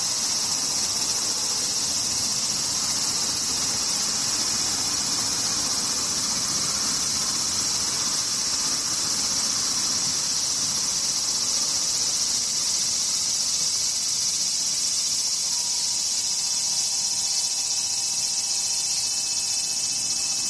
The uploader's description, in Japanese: セミ